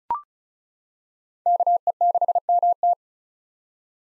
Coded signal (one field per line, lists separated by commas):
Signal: Morse code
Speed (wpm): 34 wpm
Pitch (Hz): 700 Hz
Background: none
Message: KE6MT